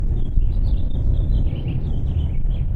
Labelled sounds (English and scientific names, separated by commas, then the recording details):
House Finch (Haemorhous mexicanus) song
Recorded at Woodmere on Long Island, New York, on 11 June 1975
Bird C